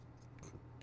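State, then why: Not seated. The left exhaust duct of an Agora AH-64D Apache Longbow 1/24 scale helicopter model is handled toward two locating pins at the bottom of the engine nacelle. Faint handling noise carries a few small ticks around 0.4 s and a brief tick at the very end. Nothing has seated or clicked yet.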